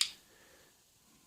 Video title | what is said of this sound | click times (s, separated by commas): ebay knife collection: Buck 009 , Buck B33 , camping knife, finger paw fishing knife | I like about this compared to this it locks in place so you're | 0.0 s